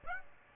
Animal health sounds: mosquito wingbeat signal from an infrared sensor; Aedes aegypti

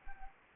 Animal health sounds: mosquito wingbeat signal from an infrared sensor; Anopheles arabiensis

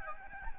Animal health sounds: mosquito wingbeat signal from an infrared sensor; Aedes albopictus

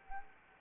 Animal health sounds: mosquito wingbeat signal from an infrared sensor; Anopheles arabiensis

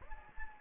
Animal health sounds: mosquito wingbeat signal from an infrared sensor; Anopheles gambiae

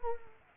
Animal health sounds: mosquito wingbeat signal from an infrared sensor; Culex pipiens

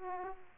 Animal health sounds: mosquito wingbeat signal from an infrared sensor; Aedes aegypti

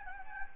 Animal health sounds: mosquito wingbeat signal from an infrared sensor; Anopheles gambiae

